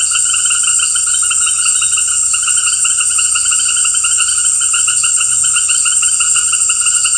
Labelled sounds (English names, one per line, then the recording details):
none
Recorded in dense forest near Puerto Asís, Putumayo, Colombia, on 18 February 2024 at 18:30
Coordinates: 0.487, -76.319
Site G6403